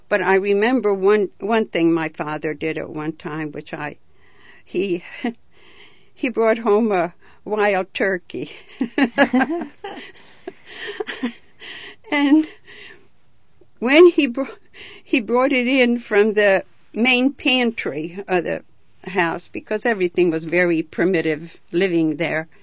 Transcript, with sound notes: But I remember one thing my father did at one time which I, he ( she laughs ) he brought home a wild turkey. ( they laugh ) And when he brought, he brought it in from the main pantry of the house, because everything was very primitive living there,